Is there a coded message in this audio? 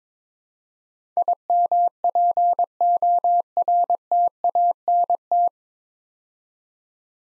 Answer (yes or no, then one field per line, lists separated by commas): yes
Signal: Morse code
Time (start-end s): 1.2-5.5 s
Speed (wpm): 22 wpm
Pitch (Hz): 700 Hz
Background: none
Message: IMPORTANT